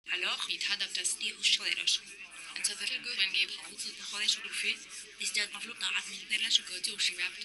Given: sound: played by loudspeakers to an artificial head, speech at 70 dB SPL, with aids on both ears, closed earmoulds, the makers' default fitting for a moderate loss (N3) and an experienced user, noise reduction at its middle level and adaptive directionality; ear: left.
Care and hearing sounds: speech test signal (ISTS) in cocktail-party noise; +3 dB; in front (0 degrees)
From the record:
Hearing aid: class 2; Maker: J

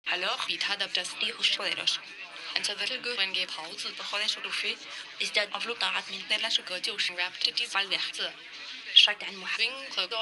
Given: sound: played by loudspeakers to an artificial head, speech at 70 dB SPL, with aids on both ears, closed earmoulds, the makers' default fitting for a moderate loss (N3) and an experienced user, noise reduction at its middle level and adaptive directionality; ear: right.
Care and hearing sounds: speech test signal (ISTS) in cocktail-party noise; +9 dB; on the right (90 degrees)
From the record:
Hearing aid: class 2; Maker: B

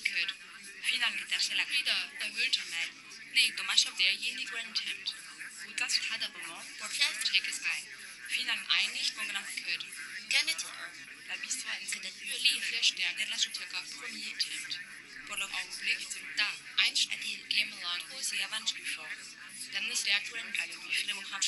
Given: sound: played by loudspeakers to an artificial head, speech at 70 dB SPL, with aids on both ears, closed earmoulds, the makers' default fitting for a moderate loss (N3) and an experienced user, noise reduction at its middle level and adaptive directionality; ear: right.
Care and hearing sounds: speech test signal (ISTS) in cocktail-party noise; -3 dB; in front (0 degrees)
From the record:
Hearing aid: class 2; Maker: H

